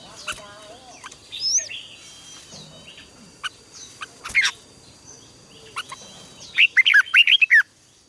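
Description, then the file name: Red-whiskered bulbul song: scattered chirps and clicks, then a loud burst of quick warbled, looping notes near the end, over a steady high-pitched tone. "Tieng chao mao hot"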